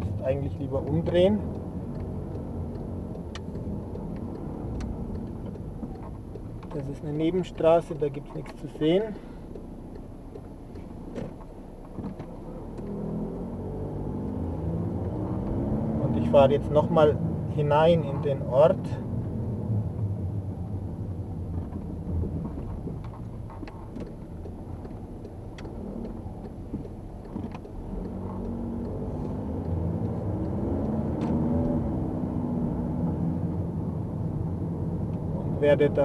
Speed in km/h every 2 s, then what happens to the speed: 18, 14, 11, 6, 7, 5, 16, 30, 32, 19, 17, 10, 11, 11, 23, 35, 36, 36.
0-6 slows to 6. 10-16 speeds up to 32. 16-21 brakes to 10. 21-26 steady at about 11. 26-30 speeds up to 35. 30-36 steady at about 36.